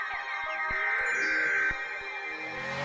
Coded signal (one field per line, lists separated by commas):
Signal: Emergency Alert System (SAME) tones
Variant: header bursts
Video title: WBAP IS LIGHTING STRUCK....EAS Alerts from 2/2/24 (EAS#672 & #680)